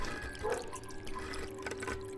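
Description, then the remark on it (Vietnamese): Water runs steadily, washing a young woman's body, a continuous hissing flow with faint splashing and a low hum underneath, with no one speaking. “Tiếng nước chảy làm sạch thân xác của cô gái trẻ, tiếng sủa, tiếng cào trên cửa của đàn chó hung bạo.”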